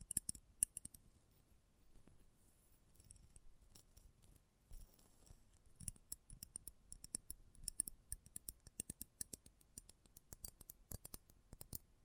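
Close up metallic sounds: sharp snipping clicks, like scissors opening and closing, come in irregular bursts. They are sparse early on, then grow faster and denser after about six seconds. Bright, crisp edges sit over a faint low rustle between snips.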